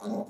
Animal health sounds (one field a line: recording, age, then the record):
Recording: pig call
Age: piglet (1 to 25 days)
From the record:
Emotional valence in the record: negative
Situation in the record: long isolation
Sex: female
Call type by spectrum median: low-frequency call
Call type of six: low-frequency stable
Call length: 0.30 s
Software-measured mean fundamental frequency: 70 Hz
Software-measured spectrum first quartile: 219 Hz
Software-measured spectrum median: 379 Hz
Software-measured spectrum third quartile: 661 Hz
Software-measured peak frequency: 219 Hz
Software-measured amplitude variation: 148 dB a second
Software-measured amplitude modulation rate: 13.5 a second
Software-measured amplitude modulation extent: 10.9 dB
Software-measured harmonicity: 5.5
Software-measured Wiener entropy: -0.31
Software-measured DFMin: 1676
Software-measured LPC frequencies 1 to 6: 561, 3841, 5535, 6691, 8269, 10155 Hz